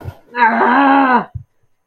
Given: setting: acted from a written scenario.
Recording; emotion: vocal sound without words; pain